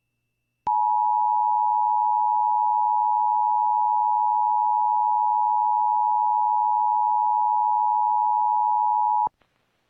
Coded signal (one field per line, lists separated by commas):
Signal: Emergency Alert System (SAME) tones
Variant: 853 and 960 Hz attention tone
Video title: KBIF Did a Weird Sound (EAS #22449-22486) 9/10/24